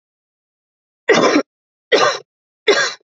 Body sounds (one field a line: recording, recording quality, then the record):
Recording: heavy voluntary cough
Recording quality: excellent, no background noise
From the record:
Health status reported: healthy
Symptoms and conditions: fever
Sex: female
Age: 20 years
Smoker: not ticked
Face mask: not worn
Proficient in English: yes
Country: India